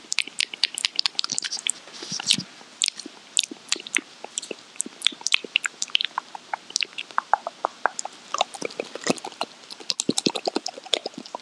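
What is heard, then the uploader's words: Wet mouth sounds: rapid clicks, smacks and crackles scattered densely through all eleven seconds, with a slightly thicker cluster around two seconds. The pops are sharp and bright, set over a quiet, faintly muffled background with no other sounds. Mouth sounds. Asmr com sons de boca.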